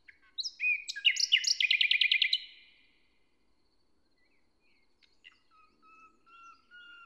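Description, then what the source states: Common nightingale song opening with upswept whistles into a quick series of repeated rattled notes, followed by soft, thin drawn-out whistles. Inside a forest near Hoscheid, Luxembourg; early summer morning after a wet night, sun rising through the leaves; a nightingale singing a kind of morning song.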